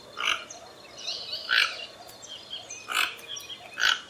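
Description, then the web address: Toco toucan calling with four rough, croaking notes at irregular intervals, while other birds whistle softly behind. "sound Ramphastos-toco. دانلود-صدای-پرنده-توکان-منقاردار"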